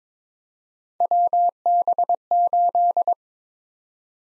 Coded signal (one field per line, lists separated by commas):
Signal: Morse code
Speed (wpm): 21 wpm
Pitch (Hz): 700 Hz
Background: none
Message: WB8